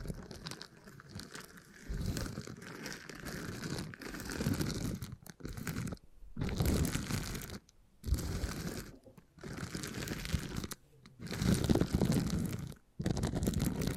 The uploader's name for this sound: Brain Tingly Sounds Using Beeswax